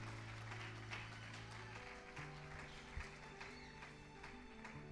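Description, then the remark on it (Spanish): An audience applauds the Lord during a church service in a steady, dense wash of applause that holds for several seconds, with sustained low organ-like tones droning underneath. “Dele un aplauso al Señor y dele gloria, porque Cristo vive y reina para siempre.”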